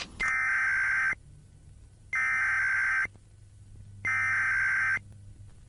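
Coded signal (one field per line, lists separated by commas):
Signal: Emergency Alert System (SAME) tones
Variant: header bursts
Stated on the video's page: Fictional, staged emergency broadcast alert presented as a lunar incident.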